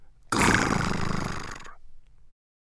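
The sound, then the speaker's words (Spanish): A person imitates a tiger's roar the way Spanish speakers imitate it, with one long, rough, growling vocal burst that starts loud and gradually fades over about two seconds. “El rugido de un tigre.”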